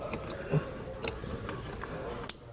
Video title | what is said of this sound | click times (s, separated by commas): etrailer - Curt T-Connector Vehicle Wiring Harness Installation - 2021 Toyota Venza | make sure you hear that snap and put this on the other side | 2.3 s